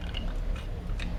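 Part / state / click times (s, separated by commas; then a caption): quick-detach bipod mount onto rifle rail / not seated / none. A quick-detach bipod mount is handled against a rifle rail, having been widened to fit before its lever clamps it. Soft scraping and small ticks are heard over a low background hum, with a brief sharp tick near 0.2 s. Nothing has seated or locked onto the rail yet.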